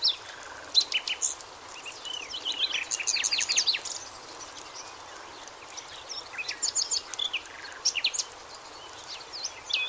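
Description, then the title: Bird twittering in bursts of high slurred whistles and chips, with quieter gaps between the bursts and a soft hiss underneath. "LuckyPassaro Completos2Sama"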